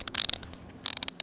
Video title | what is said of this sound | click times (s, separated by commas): Snowshoes: Tutorial & Tips | you're going to look for the hole in the binding and feed the strap through that hole you'll know that it's in the right spot if you can hear it click | 0.2 s, 0.3 s, 0.9 s, 1.1 s